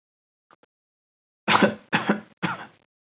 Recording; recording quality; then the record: shallow voluntary cough; excellent, no background noise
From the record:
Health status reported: COVID-19 positive, mild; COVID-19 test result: positive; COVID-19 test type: RT-PCR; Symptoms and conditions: cold, sore throat, fever, hypertension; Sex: male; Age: 24 years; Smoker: no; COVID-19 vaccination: both doses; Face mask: not worn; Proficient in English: yes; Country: India